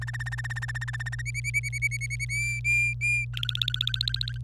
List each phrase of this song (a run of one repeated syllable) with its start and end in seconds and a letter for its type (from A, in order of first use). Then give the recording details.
0.01-1.22 A, 1.26-2.25 B, 2.29-3.25 C, 3.33-4.38 D. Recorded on 26 April 2018 at 05:59. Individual llb3